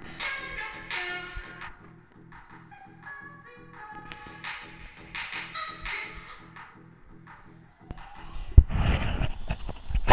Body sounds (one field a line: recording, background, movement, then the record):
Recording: deep breathing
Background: music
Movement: sitting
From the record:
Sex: male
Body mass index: 20.6 kg/m2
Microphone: on the chest, facing the body